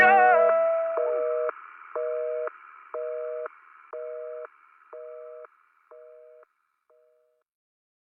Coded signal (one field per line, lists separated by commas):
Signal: telephone call progress tone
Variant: North America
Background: music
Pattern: busy tone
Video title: Dial tone by catch your breath